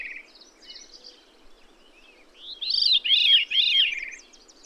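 Bird song: quiet twittering at first, then a loud phrase of three or four bright, looping, high notes near the end.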